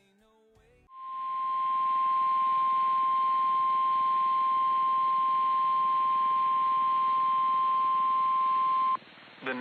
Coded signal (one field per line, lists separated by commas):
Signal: Emergency Alert System (SAME) tones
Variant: 1050 Hz attention tone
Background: speech